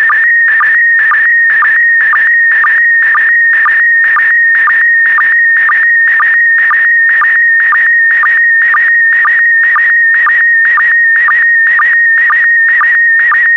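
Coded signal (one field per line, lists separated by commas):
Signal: SSTV (slow-scan television)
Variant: PD120 mode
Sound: warbling tone near 1.9 kHz with rhythmic low sync chirps, steady repeating scan lines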